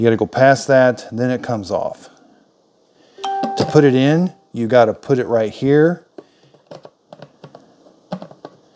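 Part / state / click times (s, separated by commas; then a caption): plastic twist-on lid onto coffee maker housing / not seated / none. Someone talks while handling the hard-to-remove plastic twist-on lid of a Ninja CFP300 DualBrew Specialty 12 Cup Drip Coffee Maker, setting it in position on the coffee maker housing to be turned until it snaps on. Short, sharp plastic taps and clicks follow the talking. Nothing has seated or snapped into place yet.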